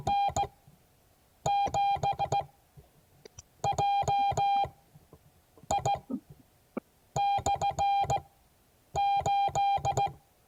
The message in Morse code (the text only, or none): N7JI/8